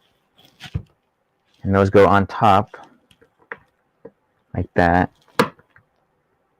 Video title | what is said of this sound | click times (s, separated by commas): Saturday Studio Stream 2-11-23 - A Building, A-Frame | Lock it in place. You hear that loud click. | 5.4 s